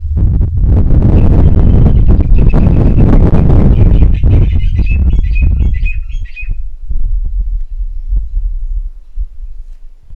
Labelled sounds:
White-billed Buffalo-weaver (Bubalornis albirostris)
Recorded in northern Uganda

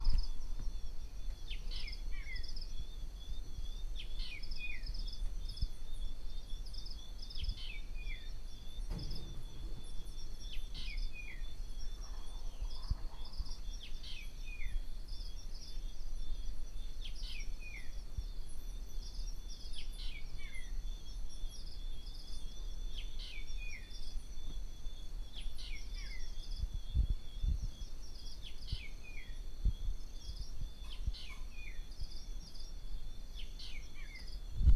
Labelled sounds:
Fork-tailed Drongo (Dicrurus adsimilis)
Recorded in Lake Mburo, Uganda

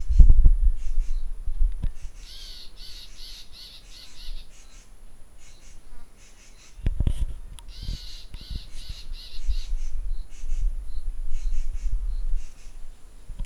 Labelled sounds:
Rattling Cisticola (Cisticola chiniana)
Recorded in northern Uganda

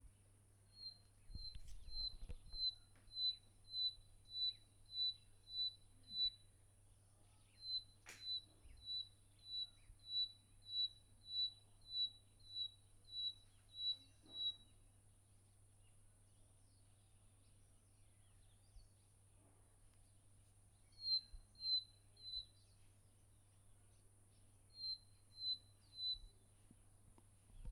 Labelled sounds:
Western Black-headed Batis (Batis erlangeri)
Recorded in northern Uganda

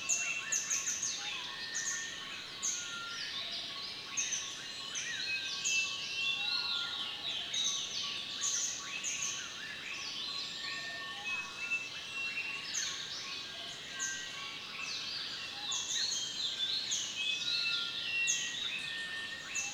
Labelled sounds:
African Blue Flycatcher (Elminia longicauda)
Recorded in Kibale, Uganda

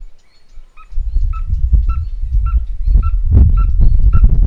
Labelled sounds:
Red-fronted Tinkerbird (Pogoniulus pusillus)
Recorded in northern Uganda

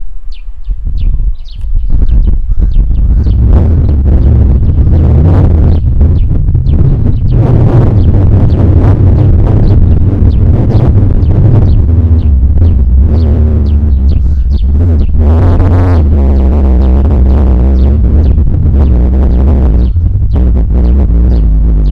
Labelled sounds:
House Sparrow (Passer domesticus)
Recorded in northern Uganda

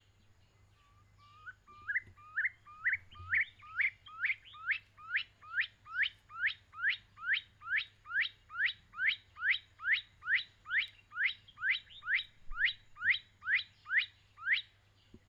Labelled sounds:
Stone Partridge (Ptilopachus petrosus)
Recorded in northern Uganda

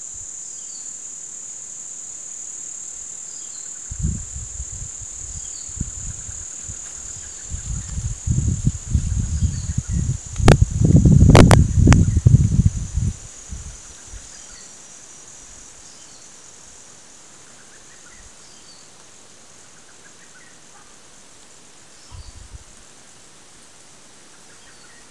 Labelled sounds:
African Shrike-flycatcher (Megabyas flammulatus)
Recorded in Kibale, Uganda

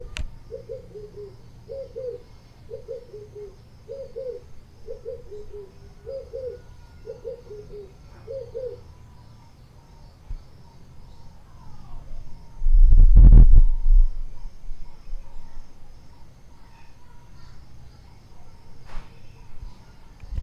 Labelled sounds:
Red-eyed Dove (Streptopelia semitorquata)
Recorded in Lake Mburo, Uganda

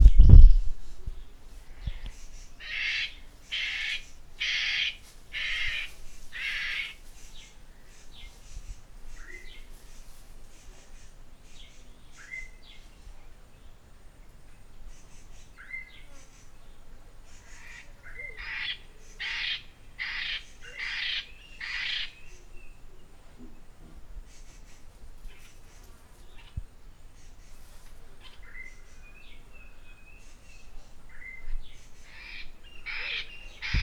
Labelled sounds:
Clapperton's Francolin (Pternistis clappertoni)
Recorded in northern Uganda

